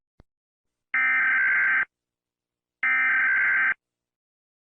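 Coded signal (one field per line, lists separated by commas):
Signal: Emergency Alert System (SAME) tones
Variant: header bursts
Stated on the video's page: Fictional EAS scenario, not a real alert.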